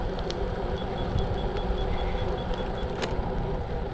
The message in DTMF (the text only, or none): none